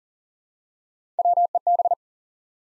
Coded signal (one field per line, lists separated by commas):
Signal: Morse code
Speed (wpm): 38 wpm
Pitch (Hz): 700 Hz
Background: none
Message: WEB